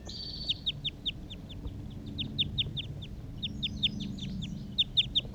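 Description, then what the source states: Crossbill calls, a fast series of short, sharp, downslurred chips over a low steady rumble. Male in a treetop.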